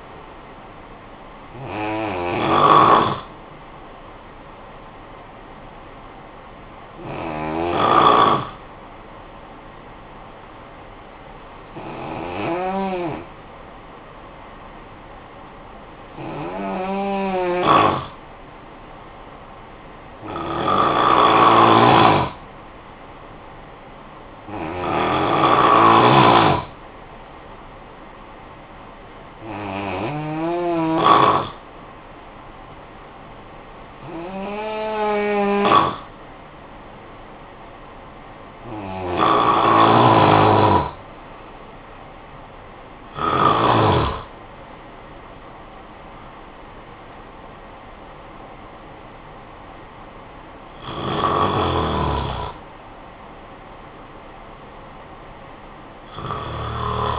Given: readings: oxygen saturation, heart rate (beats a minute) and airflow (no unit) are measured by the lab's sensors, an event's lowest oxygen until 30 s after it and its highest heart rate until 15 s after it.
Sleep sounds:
breathing in sleep by a voice recorder at the bedside; 1
6.00-57.19 s: new sleep stage, N1 (lightest sleep)
9.00-22.20 s: hypopnea (N1, oxygen 93% highest, then 90% lowest, heart rate 51 at the start, 60 highest)
From the record:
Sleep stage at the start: N2 (light sleep); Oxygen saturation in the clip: 88 to 94%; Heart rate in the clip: 51 to 73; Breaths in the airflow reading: 12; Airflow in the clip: -8.4 to 9.3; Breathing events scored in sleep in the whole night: 445 in 7.6 hours asleep

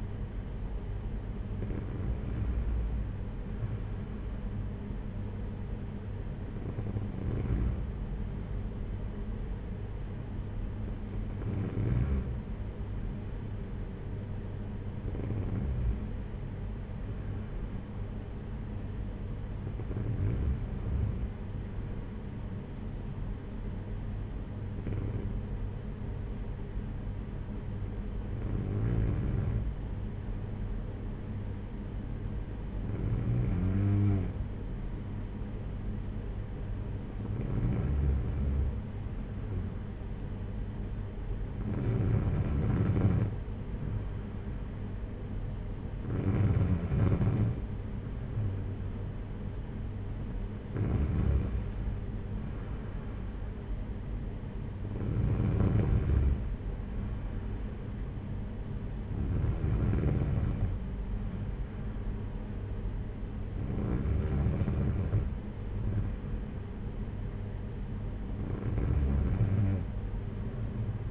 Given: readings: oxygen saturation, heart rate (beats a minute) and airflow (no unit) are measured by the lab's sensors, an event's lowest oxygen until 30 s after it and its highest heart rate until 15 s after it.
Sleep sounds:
breathing in sleep by a smartphone at the bedside; 1
15.00-37.50 s: hypopnea (N2, oxygen 95% highest, then 92% lowest, heart rate 56 at the start, 61 highest)
From the record:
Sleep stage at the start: N2 (light sleep); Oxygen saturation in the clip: 92 to 95%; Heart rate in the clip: 53 to 61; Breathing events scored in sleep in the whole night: 226 in 8.8 hours asleep

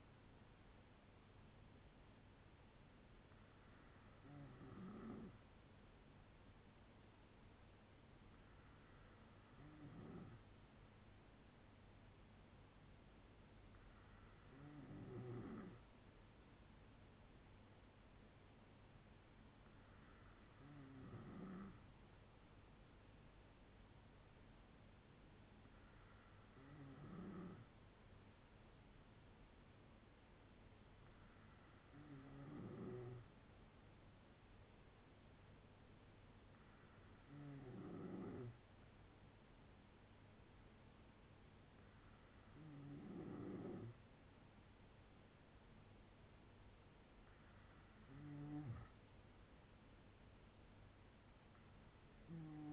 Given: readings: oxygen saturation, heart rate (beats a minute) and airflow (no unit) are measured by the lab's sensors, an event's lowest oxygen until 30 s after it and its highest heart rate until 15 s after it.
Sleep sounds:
breathing in sleep by a voice recorder at the bedside; none
none scored
From the record:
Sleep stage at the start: N2 (light sleep); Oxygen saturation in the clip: 94 to 95%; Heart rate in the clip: 59 to 66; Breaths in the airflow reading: 10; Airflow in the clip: -6.2 to 7.3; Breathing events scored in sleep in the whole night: 182 in 7.4 hours asleep

